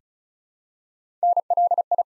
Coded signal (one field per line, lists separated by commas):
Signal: Morse code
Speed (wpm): 36 wpm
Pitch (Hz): 700 Hz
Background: none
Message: NLI